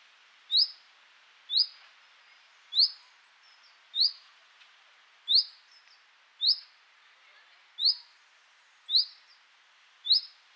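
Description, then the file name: Common chaffinch calling with a series of clipped, high metallic notes, against faint steady hiss. "Fringilla coelebs"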